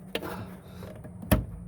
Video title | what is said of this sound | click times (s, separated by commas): Toyota VSC Controller replacement | there click down if you heard that or not i click down the | 1.3 s